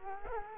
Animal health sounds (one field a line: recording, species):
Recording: mosquito wingbeat signal from an infrared sensor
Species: Culex quinquefasciatus